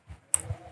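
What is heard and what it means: An RJ45 LAN cable plug is pushed into the plastic port of a PoE splitter, with a sharp click at 0.3 seconds and a faint tick at 0.4 seconds over low background rumble. The plug seats in the port.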